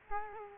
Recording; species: mosquito wingbeat signal from an infrared sensor; Culex quinquefasciatus